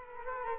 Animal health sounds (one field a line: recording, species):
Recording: mosquito wingbeat signal from an infrared sensor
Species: Culex quinquefasciatus